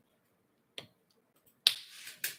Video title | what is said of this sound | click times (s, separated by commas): TRX-4 sport Builders kit Live Stream | mmm that's a nice solid click | 1.7 s